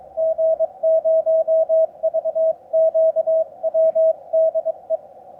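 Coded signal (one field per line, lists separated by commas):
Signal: Morse code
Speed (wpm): 22 wpm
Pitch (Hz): 650 Hz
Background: none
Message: G0VQW DE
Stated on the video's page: On-air CW contact testing a home-brew elevated vertical antenna with elevated tuned radials.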